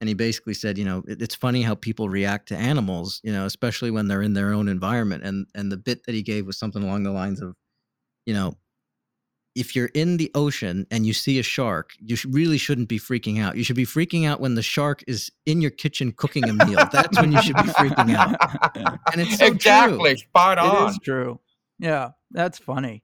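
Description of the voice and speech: A man recounts a comedian's joke in relaxed, fluent conversational speech with ordinary pitch, rhythm and articulation. Near the end, a second voice briefly agrees and laughs along. No speech or voice disorder is evident.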